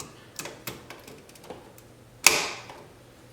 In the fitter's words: you hear click the